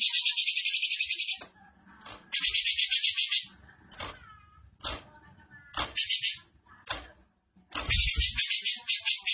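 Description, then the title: Grey-cheeked Bulbul singing fast buzzy trills of about a second, with several sharp single notes between bursts and a final long rattling trill. Cucak jenggot singing actively (gacor) in besetan style, with a clear voice. "Cucak Jenggot Besetan Gacor. Cucak Jenggot Besetan Dengan Suara Jernih"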